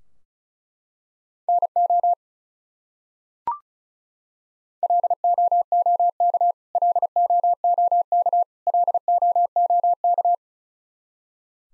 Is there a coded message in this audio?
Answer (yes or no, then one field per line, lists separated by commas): yes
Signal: Morse code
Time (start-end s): 1.5-10.3 s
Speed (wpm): 34 wpm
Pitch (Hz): 700 Hz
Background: none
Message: NO LOOK LOOK LOOK